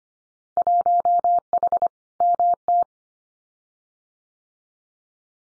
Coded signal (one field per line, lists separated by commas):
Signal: Morse code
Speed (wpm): 25 wpm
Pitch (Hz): 700 Hz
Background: none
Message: 1H MT